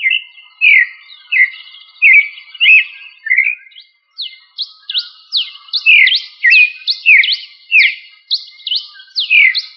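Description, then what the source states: Thrush singing a long, varied phrase of rich slurred whistles and rapid downward-sweeping notes, briefly pausing midway before continuing faster and denser. Sabiá, a thrush of the family Turdidae.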